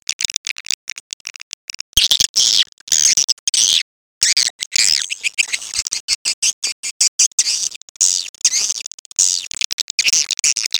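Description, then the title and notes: Swiftlet calls, high buzzy twitters in irregular choppy bursts separated by short gaps. Swiftlet sound from swiftlet farming in Asia. "Swiflet Bird Sound. Farming Swiflet Bird asia sound"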